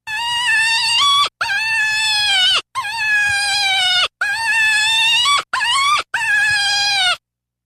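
Deer giving six drawn-out nasal bleats, most about a second or longer, level in pitch with a quick downward slide at the close, short gaps between them.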